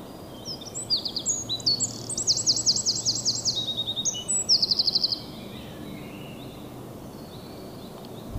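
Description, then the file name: Eurasian wren song, an explosive burst of high whistles and rapid slurred notes with a dry trill, lasting about four seconds before quiet background returns. "Troglodytes troglodytes"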